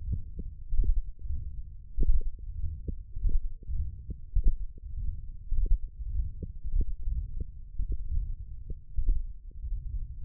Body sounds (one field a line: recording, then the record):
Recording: forearm muscle sounds (acoustic myography)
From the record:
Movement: wrist extension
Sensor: system 1, eight BSWA MPA416 microphones around the upper forearm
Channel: 1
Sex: male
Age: 23 years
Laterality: right